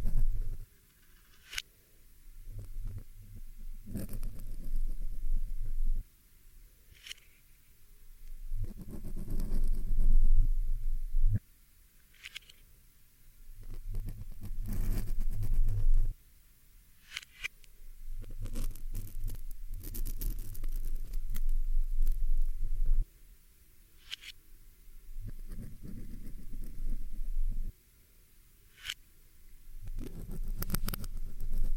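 A microphone being handled and tugged, with low rumbling thumps and rustles in repeated bursts, sharp ticks and clicks between them.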